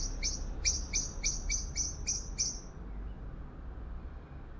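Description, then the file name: Eurasian blackbird producing eight sharp, chinking notes in a brisk sequence over about two seconds, then a low hum. "Turdus merula"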